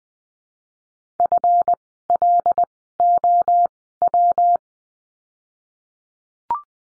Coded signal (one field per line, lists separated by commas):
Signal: Morse code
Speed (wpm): 20 wpm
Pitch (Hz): 700 Hz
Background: none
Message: FLOW